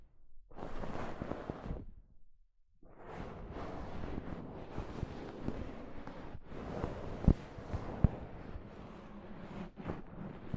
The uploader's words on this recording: ASMR Mic Brushing using Soft Fabric (No Talking).